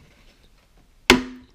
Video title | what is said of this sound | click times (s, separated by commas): FedEx sucks !!!!!, Car Overview and Cowl removal Rebuilding a Tc PT.3 | kind of just pull up nice and easy and you'll hear it pop like that | 1.1 s